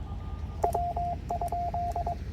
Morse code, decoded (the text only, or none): W?